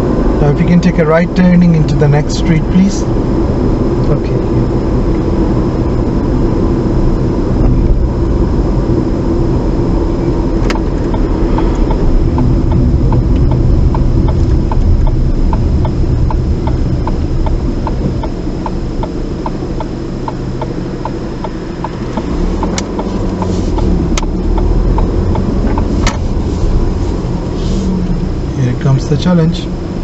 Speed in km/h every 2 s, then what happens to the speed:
40, 39, 37, 35, 34, 31, 21, 15, 5, 0, 0, 8, 11, 8, 5.
0-18 slows to 0. 18-20 standing. 20-23 pulls away to 11.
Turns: 21-24.